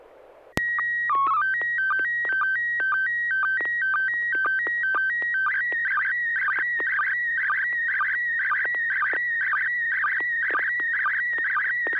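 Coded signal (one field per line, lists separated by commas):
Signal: SSTV (slow-scan television)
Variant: PD 120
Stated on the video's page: SSTV net on an FM repeater at 441.30 MHz, pictures sent with MMSSTV software.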